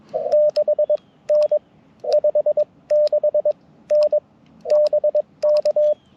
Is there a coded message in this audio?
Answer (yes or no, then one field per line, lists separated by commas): yes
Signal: Morse code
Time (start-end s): 0.3-5.9 s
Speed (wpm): 21 wpm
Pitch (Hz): 600 Hz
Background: radio noise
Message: 6 N 56 N BK